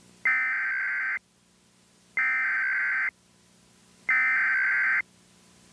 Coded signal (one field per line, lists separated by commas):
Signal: Emergency Alert System (SAME) tones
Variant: header bursts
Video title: EAS Mock #37: Nuclear Terrorism.